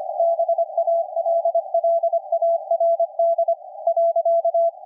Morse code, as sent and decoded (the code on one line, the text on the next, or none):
-... .- .-.. .-.. .- .-. -.. / .-.-.-
BALLARD .